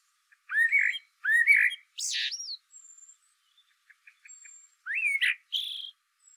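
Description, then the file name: Eurasian blackbird giving rising, slurred whistled notes and high squeaky strained phrases, with soft faint chips between louder bursts. "Turdus merula"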